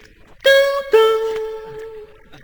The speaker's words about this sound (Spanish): Tocan el timbre.